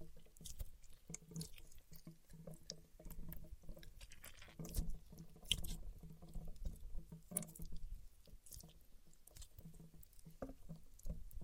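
Paraffin wax being peeled, tapped and scratched, with a busy stream of small crackles, ticks and soft scrapes running throughout. Sharper clicks and brief bright scratches stand out every second or so over a low, uneven rumble of handling.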